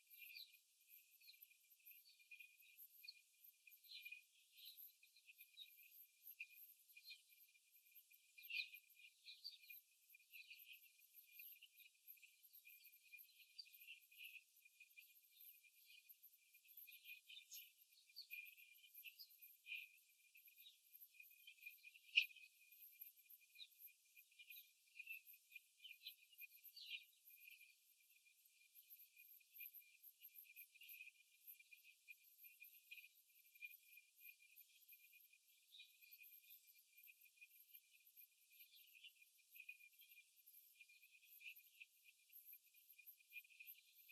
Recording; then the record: young laying hens in a cage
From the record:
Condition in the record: after the stressor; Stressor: simulated dog barking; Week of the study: 3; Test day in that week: 2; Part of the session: 1